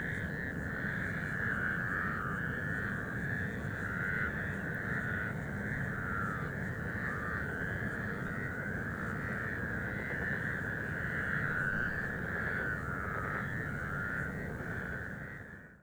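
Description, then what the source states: Mongolian toad chorus of unbroken overlapping trills forming a steady buzzing wall of sound over low background rumble, fading out at the very end. Chorus of Mongolian toads recorded 11 April 2026 at 19:40 in Sha Cheng Wetlands, Hebei.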